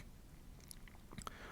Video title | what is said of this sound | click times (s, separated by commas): 🔥 **Little Tikes Outdoor Playset Climber + Slide** ➔ How to Assemble Instructions + Review | that brown piece that dark brown piece and then step on it and you'll hear a click | 1.3 s